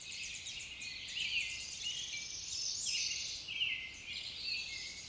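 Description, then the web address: Songbird chorus: many overlapping high chirps, trills and whistles blend into a continuous twittering wash with no single singer standing out. "Sounds of Nature Collection. Songbirds"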